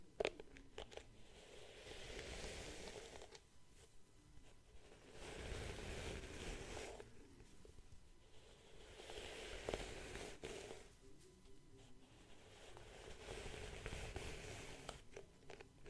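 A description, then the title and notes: Soft brushing and rubbing strokes swell and fade in slow waves every few seconds, with small scratchy ticks and faint crackles between. ASMR 10 Personal Attention Triggers (Scalp Massage, Face Massage, Stipple, Hair Brushing).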